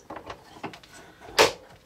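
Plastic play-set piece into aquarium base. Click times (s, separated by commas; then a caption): 1.4 s. A plastic piece from the Playmobil Aquarium Play Set #9060 is pressed onto the aquarium base, with a few light plastic taps and rustles early on. A sharp, bright click at 1.4 s marks the piece seating into place.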